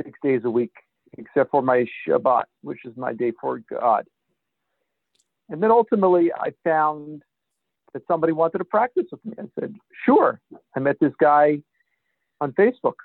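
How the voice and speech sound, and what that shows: An adult man who stutters, a former covert stutterer now overt, speaks in short fluent runs broken by long silent pauses mid-phrase, up to about a second and a half, with a stretched "sure" and some creaky voicing. The pauses and prolongation fit stuttering blocks.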